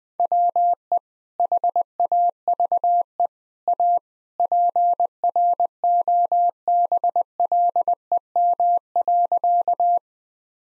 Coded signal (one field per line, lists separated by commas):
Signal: Morse code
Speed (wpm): 20 wpm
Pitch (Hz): 700 Hz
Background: none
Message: WE HAVE A PROBLEM.